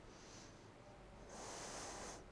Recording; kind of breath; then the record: one breath in and out by a microphone near the nose and mouth; deep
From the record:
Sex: female